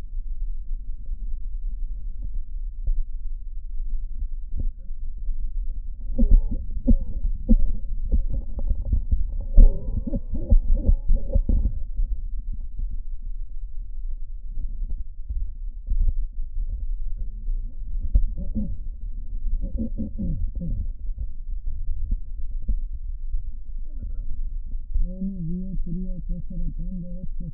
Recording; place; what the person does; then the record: lung sounds by stethoscope; trachea; quiet breathing, then cough and speech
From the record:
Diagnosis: pulmonary infection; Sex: female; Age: 74 years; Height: 160 cm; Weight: 66 kg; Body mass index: 25.8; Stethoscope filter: diaphragm mode